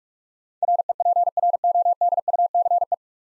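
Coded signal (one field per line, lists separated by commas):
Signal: Morse code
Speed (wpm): 46 wpm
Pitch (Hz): 700 Hz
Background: none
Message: REPRODUCE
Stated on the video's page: Morse practice at 45 wpm building 9-letter words three letters at a time, for instant character recognition.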